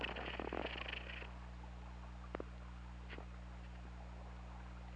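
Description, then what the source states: Orca pulsed call, a buzzy harmonic burst lasting about a second at the start, then a few faint short calls over a steady low underwater hum. Recorded on the OrcaLab hydrophone, 16 February 2018, at 20:02 in the evening.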